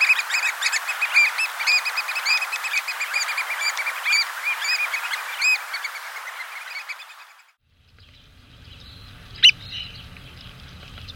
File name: American Oystercatcher